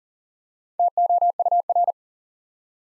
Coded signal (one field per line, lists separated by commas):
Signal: Morse code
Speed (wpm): 39 wpm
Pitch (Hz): 700 Hz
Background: none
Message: TOUR